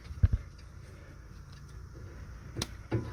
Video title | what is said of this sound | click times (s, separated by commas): BMW 5 SERIES Front Brake Pads + Brake Wear Sensor Replacement (STEP BY STEP DIY) | there you go you hear it click | 2.6 s